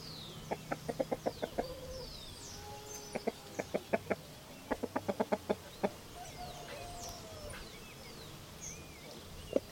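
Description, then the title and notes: Chicken clucking in repeated clusters of sharp notes, with pauses between runs and many high, thin bird calls in the background. Several chickens recorded in Vereda Potrerito, eastern Antioquia, around midday. "Gallinas Vereda Potrerito. Vereda al oriente antioqueño potrerito, mas o menos 12 del dia"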